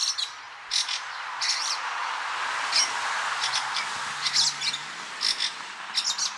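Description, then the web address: Fieldfare song: several short squeaky, scratchy notes spaced irregularly over a steady background hiss. "chant xeno-canto grive litorne"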